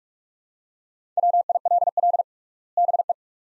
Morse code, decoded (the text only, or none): WILL BE